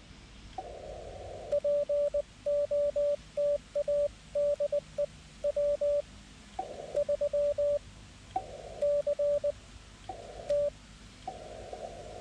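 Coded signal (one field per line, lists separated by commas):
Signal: Morse code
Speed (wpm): 19 wpm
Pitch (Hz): 580 Hz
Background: none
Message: POTA DE W3CT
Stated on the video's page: CW during a POTA activation with a Xiegu G90 on a homemade 29-foot vertical antenna.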